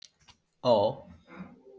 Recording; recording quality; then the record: sustained vowel as in boot; excellent, no background noise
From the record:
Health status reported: healthy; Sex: male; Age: 23 years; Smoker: no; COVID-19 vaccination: both doses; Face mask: not worn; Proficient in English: yes